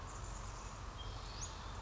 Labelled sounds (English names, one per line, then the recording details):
Western Flycatcher
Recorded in Sonoma County, California